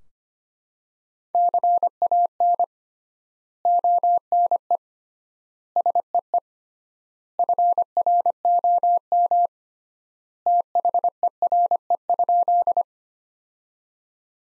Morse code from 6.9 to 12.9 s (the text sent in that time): FROM THERE?